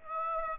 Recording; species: mosquito wingbeat signal from an infrared sensor; Aedes aegypti